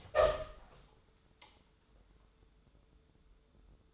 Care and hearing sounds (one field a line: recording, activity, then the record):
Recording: daily activity, microphone in the room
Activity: open door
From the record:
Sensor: 3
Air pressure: 1015.2 hPa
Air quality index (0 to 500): 179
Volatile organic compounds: 17 ppm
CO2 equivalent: 2566 ppm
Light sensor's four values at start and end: 16/40/16/17 and 16/40/16/17